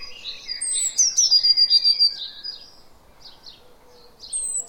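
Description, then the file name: Eurasian blue tit giving high thin notes and a quick buzzy churring trill, then softer scattered high notes, with another high call at the end. "Cyanistes caeruleus"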